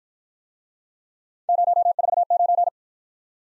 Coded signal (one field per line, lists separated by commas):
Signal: Morse code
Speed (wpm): 52 wpm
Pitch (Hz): 700 Hz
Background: none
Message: 049